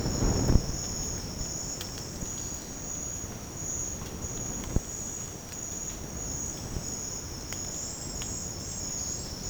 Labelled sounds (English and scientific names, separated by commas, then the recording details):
none
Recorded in secondary vegetation near Puerto Asís, Putumayo, Colombia, on 19 March 2025 at 07:30
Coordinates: 0.481, -76.318
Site G097